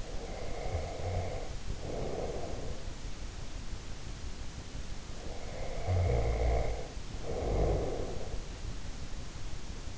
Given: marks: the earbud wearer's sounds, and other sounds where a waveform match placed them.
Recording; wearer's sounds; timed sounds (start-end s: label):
sounds in sleep by an in-ear microphone; breath, snoring breath
0.00-2.88 s: breath
5.10-8.59 s: snoring breath